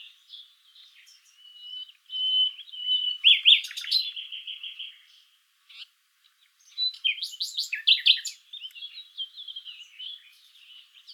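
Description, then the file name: Common nightingale song with sustained whistled notes, a fast rattling trill, then a second phrase of chattering and clicking notes. "Luscinia megarhynchos"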